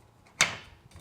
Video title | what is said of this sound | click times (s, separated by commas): Better Pocket Door Frames | that just slides right in and clips clips the the unit together. Very simple. | 0.4 s